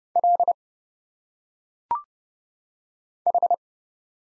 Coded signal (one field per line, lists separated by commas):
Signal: Morse code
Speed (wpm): 29 wpm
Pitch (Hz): 700 Hz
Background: none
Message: L H